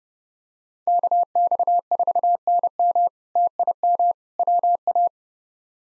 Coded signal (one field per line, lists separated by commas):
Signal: Morse code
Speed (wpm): 30 wpm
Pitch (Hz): 700 Hz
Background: none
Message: KX4NM TIM WA